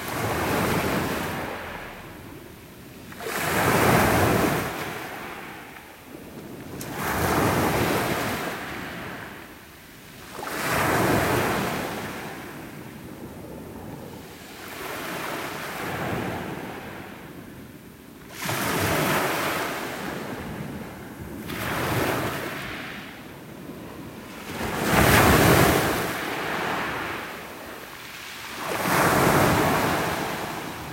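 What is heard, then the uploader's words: Waves roll in and crash every three to four seconds, each surge a loud hissing wash that fades before the next, with a steady wind underneath. WAVES.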